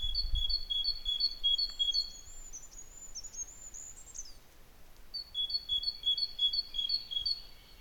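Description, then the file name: Great tit song: a fast series of two-note whistles, a thin twittering from another bird in the gap, then a second series of two-note phrases. "Parus major"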